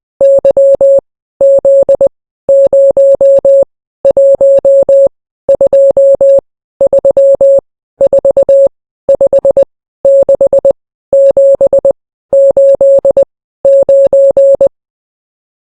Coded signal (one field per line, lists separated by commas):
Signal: Morse code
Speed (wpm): 20 wpm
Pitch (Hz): 550 Hz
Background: none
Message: Y Z 0 1 2 3 4 5 6 7 8 9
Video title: Morse Code sound effects | alphabets | numbers |